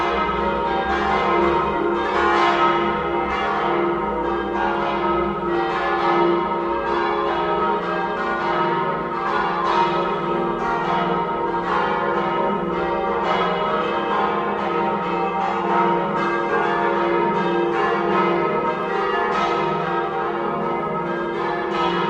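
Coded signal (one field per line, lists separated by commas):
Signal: bell signal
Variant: battiore and plenum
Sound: several church bells ringing together continuously in rapid overlapping strokes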